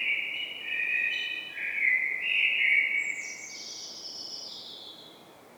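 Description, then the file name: Eurasian blackbird song: a smooth, rich warbling phrase in the middle register, followed by a fading high-pitched twittered ending. "Turdus merula"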